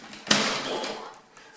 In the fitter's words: So that does kind of snap in place and hold it.